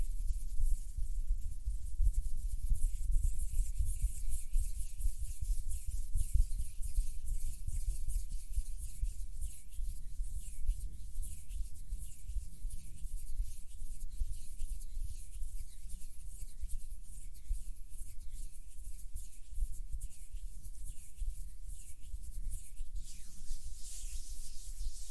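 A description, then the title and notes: Hands rub and brush together in a continuous soft, dry swishing that fills the whole stretch with little change. A low rumble sits underneath throughout, with faint airy puffs near the end. ASMR HAND SOUNDS + SOFT HAND MOVEMENS TO HYPNOTIZE YOU with mic blowing.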